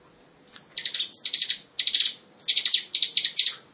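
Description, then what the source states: Lovebird giving rapid buzzy pulsed trills in several short high bursts, with brief pauses between them. Lovebird long trill (ngekek panjang); ciblek also mentioned.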